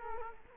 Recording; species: mosquito wingbeat signal from an infrared sensor; Culex quinquefasciatus